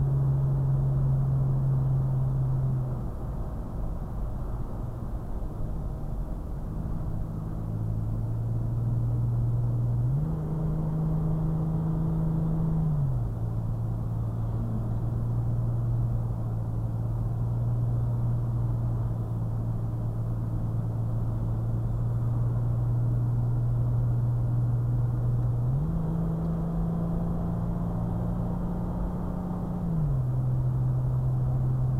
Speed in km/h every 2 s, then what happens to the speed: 71, 68, 58, 56, 58, 58, 60, 60, 61, 61, 61, 60, 61, 66, 68, 68.
0-5 slows to 56. 5-23 steady at about 60. 23-27 speeds up to 68.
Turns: none.